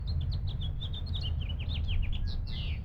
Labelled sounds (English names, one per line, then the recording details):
House Finch song
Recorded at Lynbrook on Long Island, New York, on 17 June 1975
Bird E